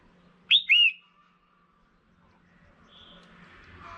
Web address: tieng chao mao mai. tieng dong vat